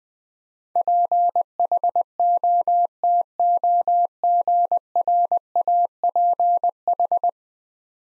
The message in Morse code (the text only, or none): PHOTOGRAPH